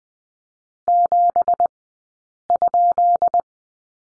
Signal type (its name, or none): Morse code